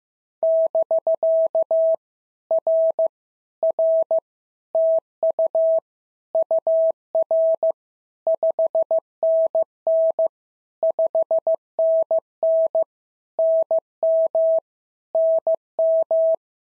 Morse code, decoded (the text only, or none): <BK> R R TU UR 5NN 5NN NM NM